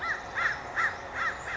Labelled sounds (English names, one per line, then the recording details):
American Crow
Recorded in Sonoma County, California